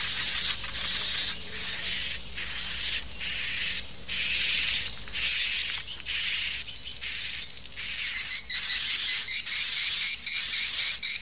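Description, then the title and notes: Swiftlets chirping in a dense, continuous high twittering chorus, with a rapid train of sharp clicks in the second half. Swiftlet sound used in swiftlet bird farming in Asia. "Swiflet Bird Sound. Farming Swiflet Bird asia sound"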